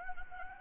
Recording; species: mosquito wingbeat signal from an infrared sensor; Anopheles gambiae